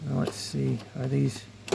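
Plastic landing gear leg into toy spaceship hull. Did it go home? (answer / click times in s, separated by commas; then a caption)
no / none. Someone talks while handling the plastic landing gear leg of a Mattel Disney Pixar Lightyear XL-07 Test Launch toy spaceship, about to fold it out from the hull. A brief sharp handling sound comes at 1.7 s, right at the end. Nothing has seated or clicked into place yet.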